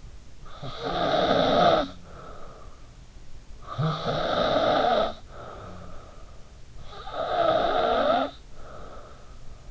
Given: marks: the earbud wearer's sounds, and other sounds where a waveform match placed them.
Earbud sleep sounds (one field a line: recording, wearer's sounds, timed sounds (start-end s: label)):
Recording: sounds in sleep by an in-ear microphone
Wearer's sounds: snoring breath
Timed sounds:
0.34-3.09 s: snoring breath
3.40-6.14 s: snoring breath
6.69-9.71 s: snoring breath